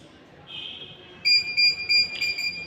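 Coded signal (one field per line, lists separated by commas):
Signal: beep code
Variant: CCTV DVR recorder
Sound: fast repeating high electronic beeps, about five in just over a second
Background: room noise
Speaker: হার্ডডিস্ক মিসিং আছে বলে এটা বিপ সাউন্ড দিচ্ছে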